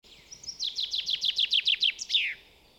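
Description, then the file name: Common chaffinch song: a rapid series of bright, sharp notes ending in a downslurred flourish, over a quiet background. "Fringilla coelebs"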